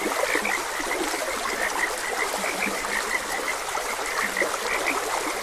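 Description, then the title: Frogs calling in quick overlapping chirps repeating steadily, plus occasional low croaks, against a steady babbling stream. Frogs croaking beside a gentle stream. "Gentle Stream and Frogs Croaking"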